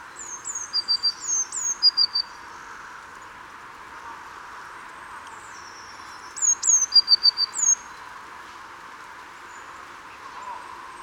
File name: Cyanistes caeruleus